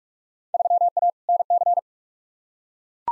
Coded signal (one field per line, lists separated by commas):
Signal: Morse code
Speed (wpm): 44 wpm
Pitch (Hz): 700 Hz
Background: none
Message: 3A NC